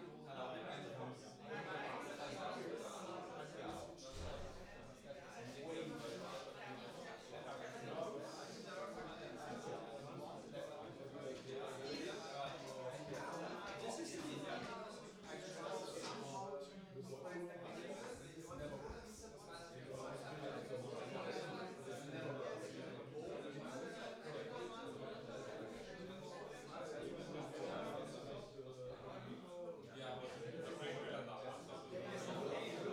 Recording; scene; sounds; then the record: everyday scene through a hearing-aid microphone; many people talking; many voices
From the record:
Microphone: in the ear canal, right